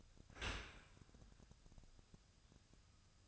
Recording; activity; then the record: daily activity, microphone in the room; open dishwasher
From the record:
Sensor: 2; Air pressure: 1004.6 hPa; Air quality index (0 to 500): 103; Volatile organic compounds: 2 ppm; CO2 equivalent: 1243 ppm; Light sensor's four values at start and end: 6/15/6/6 and 6/15/6/6